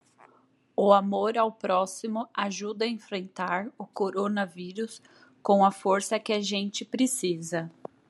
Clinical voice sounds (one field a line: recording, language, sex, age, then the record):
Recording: spoken sentence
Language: Brazilian Portuguese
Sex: female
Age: 30 to 39 years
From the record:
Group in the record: control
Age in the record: 33 years